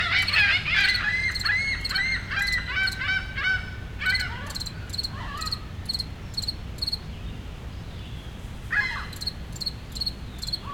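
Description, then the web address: Cricket giving regular high chirps through most, with loud seagull cries at the start and again briefly later, over a constant low urban hum. Single cricket in a city park in Montreal, Canada, with seagulls and city rumble in the background. "Nature in the City AMB PARK Solo Cricket, Seagulls, City Rumble, Montreal, Canada"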